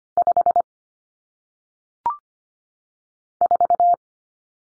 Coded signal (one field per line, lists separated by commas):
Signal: Morse code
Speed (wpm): 25 wpm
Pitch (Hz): 700 Hz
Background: none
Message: 5 4